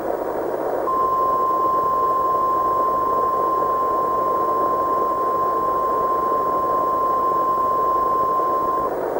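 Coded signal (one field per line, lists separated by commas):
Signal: Emergency Alert System (SAME) tones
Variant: 1050 Hz attention tone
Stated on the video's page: Fictional tornado EAS mock in analog horror style, not a real alert.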